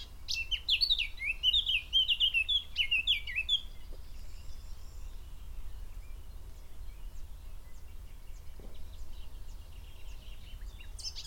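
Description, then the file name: Eurasian blackcap song: a burst of bright whistled notes in the first few seconds, then mostly quiet background noise. "Sylvia atricapilla"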